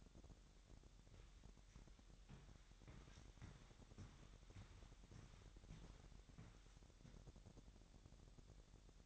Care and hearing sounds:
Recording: daily activity, microphone in the room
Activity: walk to room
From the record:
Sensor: 3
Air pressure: 1012.2 hPa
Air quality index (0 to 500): 143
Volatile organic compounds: 2 ppm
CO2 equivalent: 1096 ppm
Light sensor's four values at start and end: 143/342/141/132 and 142/340/141/131

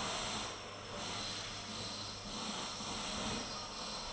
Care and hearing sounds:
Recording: daily activity, microphone in the room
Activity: vacuum cleaning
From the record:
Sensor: 4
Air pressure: 996.0 hPa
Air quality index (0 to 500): 47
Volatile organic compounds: 1 ppm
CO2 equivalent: 751 ppm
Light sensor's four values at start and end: 18/49/19/20 and 18/49/19/20

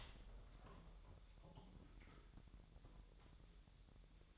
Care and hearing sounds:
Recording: daily activity, microphone in the room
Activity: open door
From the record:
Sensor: 3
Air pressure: 1001.2 hPa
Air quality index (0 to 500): 249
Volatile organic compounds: 174 ppm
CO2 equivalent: 4122 ppm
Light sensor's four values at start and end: 12/29/12/12 and 12/29/12/12

